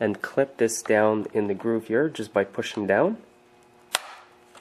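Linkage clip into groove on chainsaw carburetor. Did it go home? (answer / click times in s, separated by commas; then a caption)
yes / 4.0 s. Someone talks while a linkage clip on a STIHL chainsaw carburetor is brought forward and pushed down into its groove. A sharp click is heard at 3.9 seconds as the clip snaps and seats in the groove.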